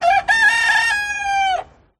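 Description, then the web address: Chicken: rooster crowing: a short first note, a brief break, then a long harmonic-rich drawn-out call that holds steady and trails off after about one and a half seconds. Male (rooster), crowing. "adam a johnson. Rooster"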